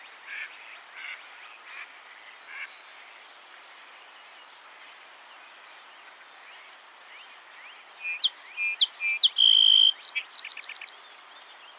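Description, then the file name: Song sparrow song arriving late: a quick run of sharp notes, a clear whistled tone and a rapid trill, after several seconds of faint chirps. "Melospiza melodia - Song Sparrow"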